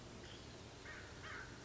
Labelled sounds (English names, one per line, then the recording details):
American Crow
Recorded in Sonoma County, California